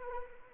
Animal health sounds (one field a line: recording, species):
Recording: mosquito wingbeat signal from an infrared sensor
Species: Anopheles arabiensis